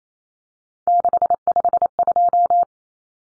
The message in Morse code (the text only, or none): 652